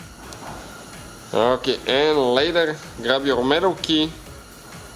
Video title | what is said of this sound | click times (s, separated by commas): HOW TO REPLACE KEY FOB BATTERY ON JEEP COMPASS | Now grab the top of your key, push in until you hear a click. | 0.3 s